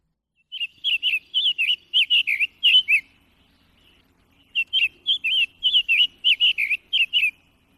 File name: Birdnotes Summer Tanager